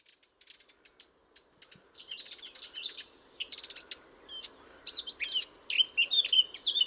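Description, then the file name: Eurasian blackcap, soft quick chattering at first, then louder scattered whistled and buzzy notes forming an uneven warble, with faint background hiss. "Sylvia atricapilla"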